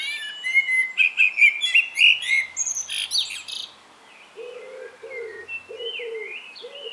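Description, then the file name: Common blackbird song: warbled, fluty phrases followed by high, squeaky twittering, then a steady series of short low notes. "Turdus merula"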